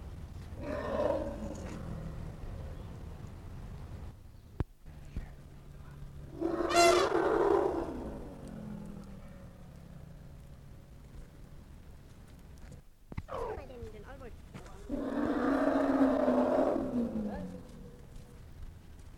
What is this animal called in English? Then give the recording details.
Asian Elephant. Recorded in captivity. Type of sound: growling. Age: juvenile. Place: Zoo Berlin, Berlin, DE. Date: 1959-01-07 15:30. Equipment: Reporter (Vollspur). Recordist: Tembrock, Günter. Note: Jungtier: Brüllen vor Einlaß in den Innnenraum (Außengehege, Abstand ca. 30 m)